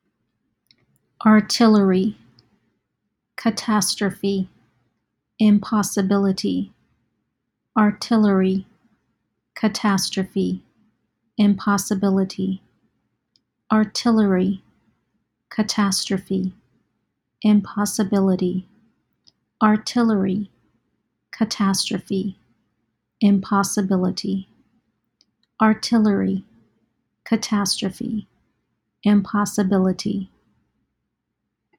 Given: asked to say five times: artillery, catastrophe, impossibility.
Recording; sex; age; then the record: three words, each repeated; female; 40 to 49 years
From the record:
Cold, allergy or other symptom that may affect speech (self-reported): no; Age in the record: 45 years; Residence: Florida, United States